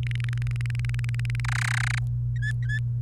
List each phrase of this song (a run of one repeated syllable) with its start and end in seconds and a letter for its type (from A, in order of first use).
0.03-1.40 A, 1.44-1.99 B, 2.36-2.79 C